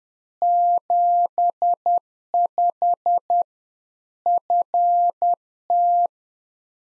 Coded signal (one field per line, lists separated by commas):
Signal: Morse code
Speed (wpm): 10 wpm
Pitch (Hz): 700 Hz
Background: none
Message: 75 FT